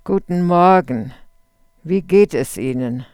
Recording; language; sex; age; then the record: spoken sentence; German; female; 80 to 89 years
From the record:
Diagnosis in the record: presbyphonia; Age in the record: 87 years